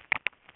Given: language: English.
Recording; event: throat vibration sensor signal played as sound; swallow